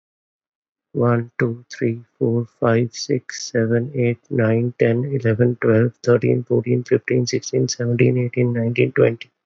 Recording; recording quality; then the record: counting at a fast pace; excellent, no background noise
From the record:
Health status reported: exposed to COVID-19, no respiratory illness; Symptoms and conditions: cold, sore throat, fatigue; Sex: male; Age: 27 years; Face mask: not worn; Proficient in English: yes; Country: India